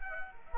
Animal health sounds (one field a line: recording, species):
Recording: mosquito wingbeat signal from an infrared sensor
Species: Culex quinquefasciatus